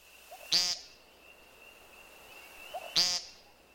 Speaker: After a few sharp calls, the woodcock takes flight.